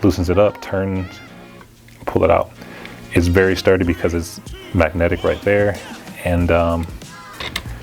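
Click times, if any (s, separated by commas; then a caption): 7.6 s. A magnetic quick-detach accessory mount is released from a Canon R8 camera rig cage by pressing a side button, turning and pulling, then put back in. Someone talks throughout, with quiet gaps of handling. The mount snaps into the cage with a sharp click at 7.6 s, seating firmly.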